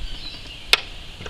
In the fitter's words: there you get your little click, and it's all back in place again.